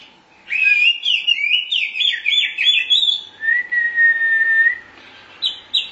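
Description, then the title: Oriental magpie-robin song: a fast warbling burst of whistles followed by a long steady whistled note and short closing phrases. Chirping song. "Suara Kicauan Burung Kacer"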